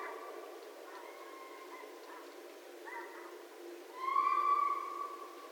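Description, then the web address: Red fox calling: a few faint harsh barks, then a loud drawn-out scream with stacked harmonics that lasts about a second and then fades. Recorded 6 January 2012. "Red Fox 2012 01 06 Red Fox"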